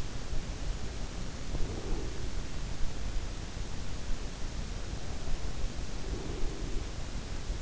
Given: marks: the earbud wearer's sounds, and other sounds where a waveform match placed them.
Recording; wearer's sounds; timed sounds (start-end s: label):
sounds in sleep by an in-ear microphone; breath
1.42-3.26 s: breath
5.97-7.62 s: breath